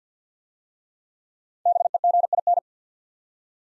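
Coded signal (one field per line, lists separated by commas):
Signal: Morse code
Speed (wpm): 53 wpm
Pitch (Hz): 700 Hz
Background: none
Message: BEGIN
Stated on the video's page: Morse practice set at 50wpm of 5-letter words for head-copy, each word sent twice.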